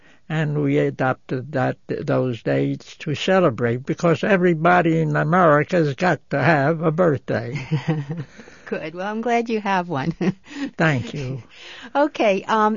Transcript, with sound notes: And we adopted those dates to celebrate, because everybody in America has got to have a birthday. ( they laugh )
Good. Well, I'm glad you have one.
Thank you.
Okay.